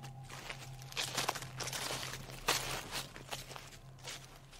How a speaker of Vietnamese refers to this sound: Bên tai nó lại nghe có tiếng bước chân. Tiếng bước chân đi xung quanh, dẫm lên đám cỏ phơi khô ngay trước cửa cái chòi sột soạt.